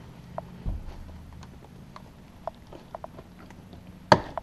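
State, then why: Released. On a 2007–2012 Nissan Sentra, the rear deck trim panel is pulled up and a plastic retaining clip in the panel pops loose. Faint creaks and small ticks lead up to a sharp, loud pop at 4.1 s, when the clip releases, followed by a softer tick.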